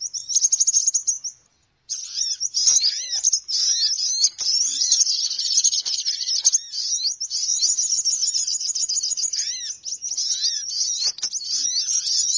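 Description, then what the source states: Bird twittering starts, pauses briefly, then swells into a long, continuous high chattering chorus with scattered arched whistles. Noisy bird lure call for attracting birds.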